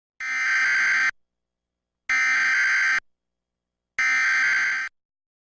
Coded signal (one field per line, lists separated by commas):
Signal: Emergency Alert System (SAME) tones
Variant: header bursts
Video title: WJR EAS Required Weekly Test (April 24, 2019)